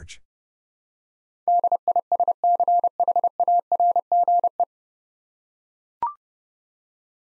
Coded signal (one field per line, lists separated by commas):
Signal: Morse code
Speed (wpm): 31 wpm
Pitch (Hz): 700 Hz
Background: none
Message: DISCHARGE